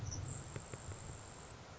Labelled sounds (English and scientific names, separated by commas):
Grasshopper Sparrow (Ammodramus savannarum)